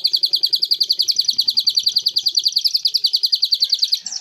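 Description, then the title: Leafbird song: a fast, even run of identical bright chipping notes, kept up for about four seconds before a short change at the end. "CUCAK IJO"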